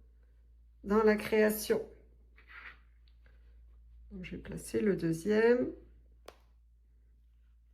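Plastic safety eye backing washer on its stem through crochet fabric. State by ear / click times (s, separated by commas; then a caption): seated / 6.3 s. A plastic backing washer is pushed onto the ridged stem of the second plastic safety eye, through the crochet fabric of a dumpling amigurumi, until it locks. Someone talks, then a single sharp click is heard at 6.3 s as the washer seats securely on the stem.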